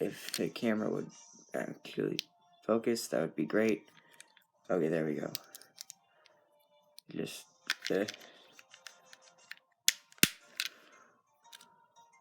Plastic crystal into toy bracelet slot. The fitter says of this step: and then just snap the last one in right here, and then, oh what crap, it didn't snap in.